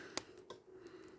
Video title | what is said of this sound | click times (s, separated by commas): Mattel Masters of the Universe Masterverse New Eternia Tri-Klops Action Figure Review! | And you can just pop his visor off, | 0.2 s